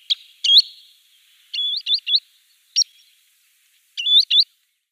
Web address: Schulze Peter Green Sandpiper calls